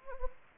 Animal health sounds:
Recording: mosquito wingbeat signal from an infrared sensor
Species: Anopheles gambiae

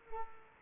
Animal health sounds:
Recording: mosquito wingbeat signal from an infrared sensor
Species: Culex quinquefasciatus

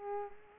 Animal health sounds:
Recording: mosquito wingbeat signal from an infrared sensor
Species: Culex pipiens

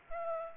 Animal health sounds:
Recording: mosquito wingbeat signal from an infrared sensor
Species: Aedes aegypti

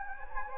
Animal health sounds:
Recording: mosquito wingbeat signal from an infrared sensor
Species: Anopheles gambiae

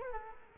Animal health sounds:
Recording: mosquito wingbeat signal from an infrared sensor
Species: Culex quinquefasciatus

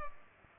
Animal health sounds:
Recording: mosquito wingbeat signal from an infrared sensor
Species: Culex pipiens

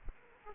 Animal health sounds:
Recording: mosquito wingbeat signal from an infrared sensor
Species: Aedes aegypti

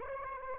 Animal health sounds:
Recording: mosquito wingbeat signal from an infrared sensor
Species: Aedes aegypti

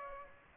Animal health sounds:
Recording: mosquito wingbeat signal from an infrared sensor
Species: Aedes aegypti

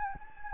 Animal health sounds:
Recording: mosquito wingbeat signal from an infrared sensor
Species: Anopheles gambiae

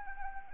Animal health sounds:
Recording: mosquito wingbeat signal from an infrared sensor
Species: Anopheles arabiensis

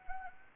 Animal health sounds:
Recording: mosquito wingbeat signal from an infrared sensor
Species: Anopheles arabiensis

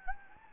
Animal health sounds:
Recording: mosquito wingbeat signal from an infrared sensor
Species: Anopheles gambiae

